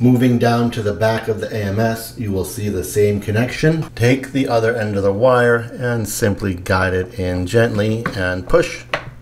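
Someone talks while guiding the other end of a cable's connector into the port on the back of a Bambu Lab AMS filament changer for a P1P / P1S 3D printer. The connector is handled and gently pushed, but nothing has seated or clicked yet.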